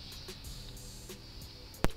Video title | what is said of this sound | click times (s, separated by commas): Review LGT 240! MIC Condenser murah! Kualitasnya mantap abissss!!! | Ini. Nah, kayak tadi, sampai bunyi ceklek gitu ya. | 1.8 s